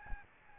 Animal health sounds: mosquito wingbeat signal from an infrared sensor; Aedes albopictus

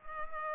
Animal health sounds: mosquito wingbeat signal from an infrared sensor; Culex pipiens

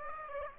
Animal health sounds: mosquito wingbeat signal from an infrared sensor; Aedes aegypti

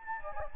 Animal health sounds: mosquito wingbeat signal from an infrared sensor; Anopheles gambiae

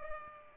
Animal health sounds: mosquito wingbeat signal from an infrared sensor; Culex pipiens

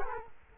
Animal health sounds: mosquito wingbeat signal from an infrared sensor; Culex quinquefasciatus

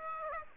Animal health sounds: mosquito wingbeat signal from an infrared sensor; Aedes aegypti

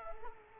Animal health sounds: mosquito wingbeat signal from an infrared sensor; Culex quinquefasciatus

